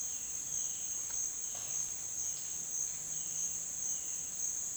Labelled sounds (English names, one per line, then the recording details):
Violaceous Jay
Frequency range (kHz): Violaceous Jay 2.0-4.9 kHz
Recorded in dense forest near Puerto Asís, Putumayo, Colombia, on 25 June 2025 at 11:00
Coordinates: 0.466, -76.327
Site GP04